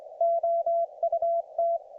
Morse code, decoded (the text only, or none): OUT